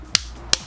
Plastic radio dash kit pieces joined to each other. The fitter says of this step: bye bye this kit i do like the way it snaps together it has an audible click line it up